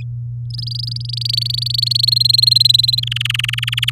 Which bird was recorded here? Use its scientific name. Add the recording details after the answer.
Serinus canaria. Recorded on 8 May 2018 at 07:47. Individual llb16